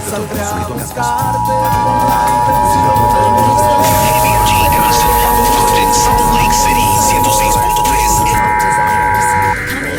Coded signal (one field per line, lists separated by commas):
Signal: Emergency Alert System (SAME) tones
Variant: 853 and 960 Hz attention tone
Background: speech, music